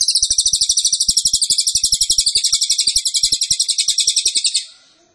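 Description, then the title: Cililin: a high, fast trill with regular buzzy pulses, lasting about four and a half seconds before a quick fade; faint clicks below. Cililin song, used to teach songbirds. "Cililin AMPUH. Masteran Burung cililin masteran sang juara"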